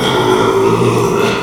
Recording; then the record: squeal of a Yucatan mini pig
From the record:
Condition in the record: after surgery on the right vocal fold (resection and tissue-engineered implant); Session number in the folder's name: 1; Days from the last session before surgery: 6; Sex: male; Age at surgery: 12 weeks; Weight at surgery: 13 kg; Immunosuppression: cyclosporine, prednisolone